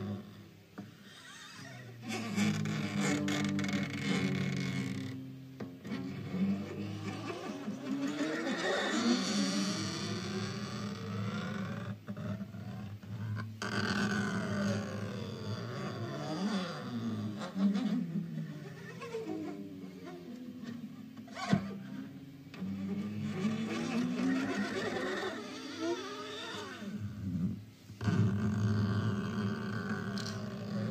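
A guitarist plays fast tapped lines, the notes sliding and swooping up and down in quick, curving runs over a steady low drone. The playing is dense and nearly continuous, with short breaks around 6, 13, 21 and 28 seconds.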